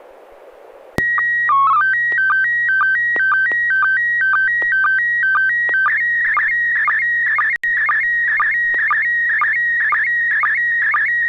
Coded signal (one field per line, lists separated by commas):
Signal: SSTV (slow-scan television)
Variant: PD 120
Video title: N6NA SSTV Net - 12/07/2022